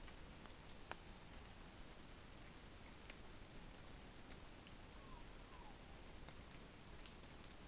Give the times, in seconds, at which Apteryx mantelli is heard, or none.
none